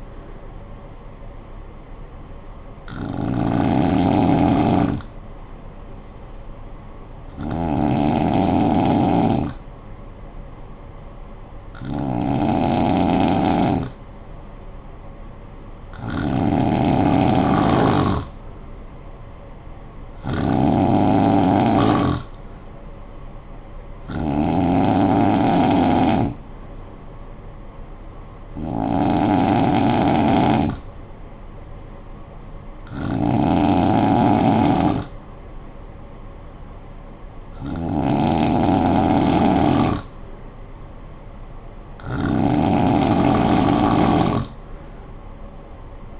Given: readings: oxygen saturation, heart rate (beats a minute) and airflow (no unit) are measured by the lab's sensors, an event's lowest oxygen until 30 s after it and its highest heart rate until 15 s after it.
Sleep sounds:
breathing in sleep by a smartphone at the bedside; 1
4.00-17.70 s: hypopnea (N2, oxygen 95% highest, then 91% lowest, heart rate 55 at the start, 58 highest)
From the record:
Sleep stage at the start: N2 (light sleep); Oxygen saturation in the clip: 91 to 95%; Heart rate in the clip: 52 to 59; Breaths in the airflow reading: 10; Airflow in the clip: -9.1 to 4.9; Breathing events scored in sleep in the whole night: 445 in 7.6 hours asleep

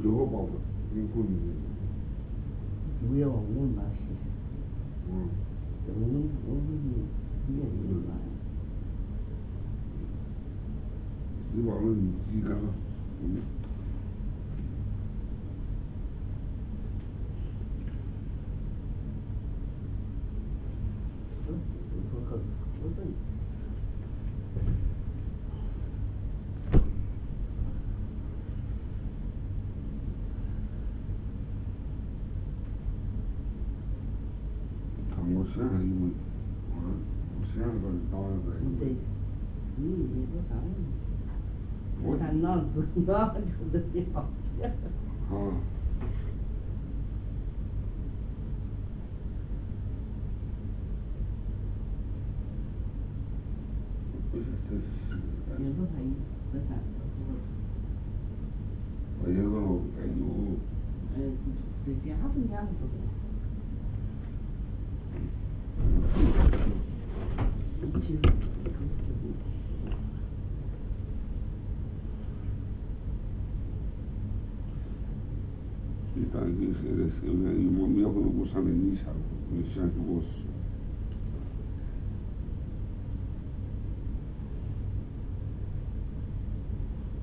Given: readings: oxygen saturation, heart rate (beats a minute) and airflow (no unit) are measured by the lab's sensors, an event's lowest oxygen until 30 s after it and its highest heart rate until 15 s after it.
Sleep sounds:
a person awake in a sleep study, by a smartphone at the bedside; none
0.00-87.22 s: awake
From the record:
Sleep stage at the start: awake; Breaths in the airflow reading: 34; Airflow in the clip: -0.7 to 0.6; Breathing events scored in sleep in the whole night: 449 in 7.0 hours asleep

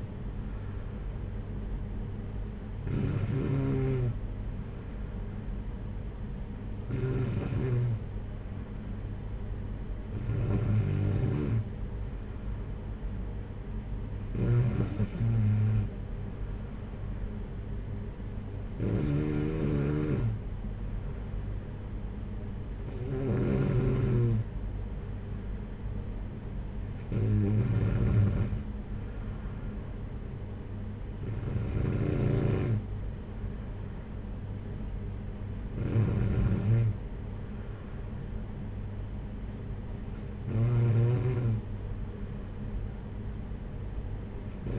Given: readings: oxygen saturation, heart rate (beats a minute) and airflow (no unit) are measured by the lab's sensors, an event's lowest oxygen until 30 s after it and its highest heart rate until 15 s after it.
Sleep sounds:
breathing in sleep by a smartphone at the bedside; none
none scored
From the record:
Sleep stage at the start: N2 (light sleep); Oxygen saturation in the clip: 93 to 94%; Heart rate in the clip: 52 to 58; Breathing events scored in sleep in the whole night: 226 in 8.8 hours asleep

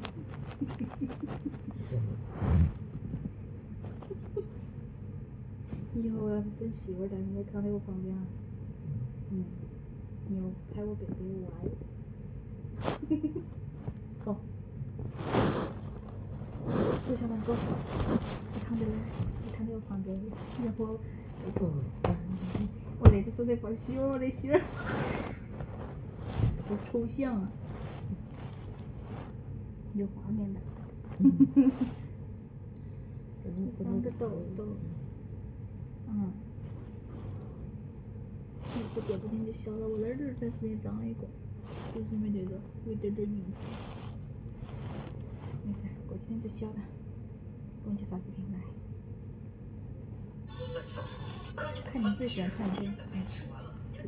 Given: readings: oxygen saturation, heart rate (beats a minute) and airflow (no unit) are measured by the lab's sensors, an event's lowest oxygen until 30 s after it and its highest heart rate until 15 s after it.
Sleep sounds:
a person awake in a sleep study, by a smartphone at the bedside; none
0.00-54.08 s: awake
0.00-54.08 s: awake
From the record:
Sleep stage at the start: awake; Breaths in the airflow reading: 18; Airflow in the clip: -0.7 to 0.7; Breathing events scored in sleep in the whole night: 496 in 5.4 hours asleep

